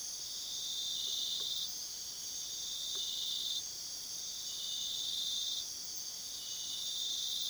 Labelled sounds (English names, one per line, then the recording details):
none
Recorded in pastures near Puerto Asís, Putumayo, Colombia, on 20 February 2024 at 02:30
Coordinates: 0.497, -76.327
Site G7276